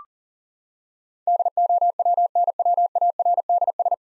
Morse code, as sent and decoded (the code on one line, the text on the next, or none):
-.. --- .-- -. .-- .- .-. -.. ...
DOWNWARDS